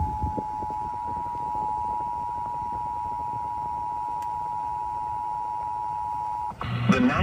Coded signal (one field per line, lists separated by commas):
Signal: Emergency Alert System (SAME) tones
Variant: 853 and 960 Hz attention tone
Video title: WORKING NINE THROUGH ZCZC-WXR... Severe Weather EAS Alerts from August 26th, 2024 (EAS #1,429-1,471)